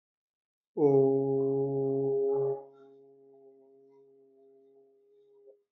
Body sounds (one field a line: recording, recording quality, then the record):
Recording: sustained vowel as in boot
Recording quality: excellent, no background noise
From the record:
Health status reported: respiratory illness, not identified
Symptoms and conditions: asthma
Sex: male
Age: 20 years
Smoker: not ticked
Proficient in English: yes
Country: India